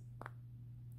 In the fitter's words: Did you hear it click?